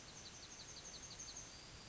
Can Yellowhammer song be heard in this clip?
yes